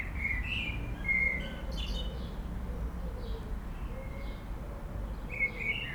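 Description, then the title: Common blackbird song of clear fluted whistles and squeaky flourishes, several phrases in quick succession, with low traffic rumble behind. Blackbird singing in a city amid urban road traffic and aircraft noise, Aix-les-Bains, France. "51 Rue Maryse Bastié, Aix-les-Bains, France - Merle dans la ville"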